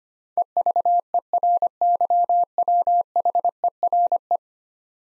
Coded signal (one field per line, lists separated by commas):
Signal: Morse code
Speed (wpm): 25 wpm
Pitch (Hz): 700 Hz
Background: none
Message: EVERYWHERE